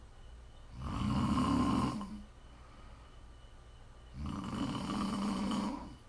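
Two long, buzzing snores from an adult, each about a second and a half, with quiet breathing pauses between them, roughly 18 breaths a minute. The snores have a low, steady, vibrating tone, typical of ordinary snoring from the soft palate during sleep. Offered as ASMR snoring to listen to for relaxing, winding down or falling asleep.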